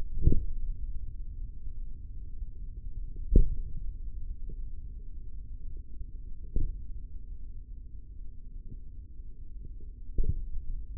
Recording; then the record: forearm muscle sounds (acoustic myography)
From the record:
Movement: hand opening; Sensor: system 3, bracelet of six PUI Audio POM-2738L microphones around the upper forearm, with dedicated amplification and filtering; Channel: 5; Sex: male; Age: 25 years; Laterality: right